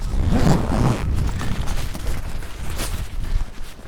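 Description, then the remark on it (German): A jacket zipper is pulled up outdoors in cool, windy weather in a raspy, ratcheting run of tiny clicks, with fabric rustling and a low rumble of wind on the microphone and handling noise underneath. “Ich glaube, ich muss mich mal Reiß verschließen.”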